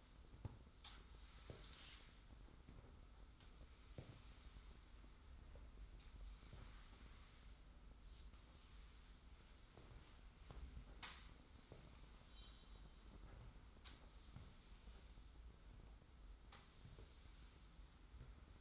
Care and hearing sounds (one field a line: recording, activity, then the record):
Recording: daily activity, microphone in the room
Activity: sweep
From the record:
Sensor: 3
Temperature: 25.5 degrees Celsius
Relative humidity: 40.5%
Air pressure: 991.3 hPa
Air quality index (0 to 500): 141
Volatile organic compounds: 321 ppm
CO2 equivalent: 4526 ppm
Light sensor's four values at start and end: 52/141/58/52 and 53/143/58/52